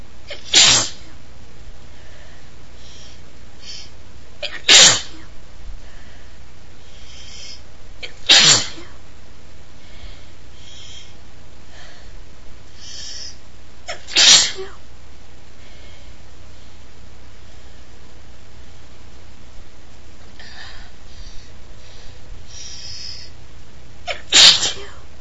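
Five abrupt, explosive sneezes from an adult woman, spaced irregularly a few seconds apart. Each is a sharp hissing burst with a moist, spraying quality: very wet sneezes. Between them there is only quiet room noise and faint breathing.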